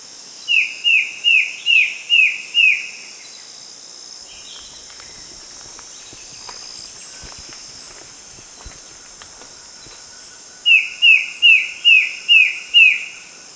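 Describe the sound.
Bird calls in two series of about six quick descending chirps each, separated by a long pause filled with steady high hiss.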